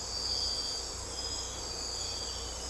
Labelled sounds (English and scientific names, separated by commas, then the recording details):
none
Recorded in secondary vegetation near Puerto Asís, Putumayo, Colombia, on 16 December 2024 at 04:00
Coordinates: 0.502, -76.326
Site G028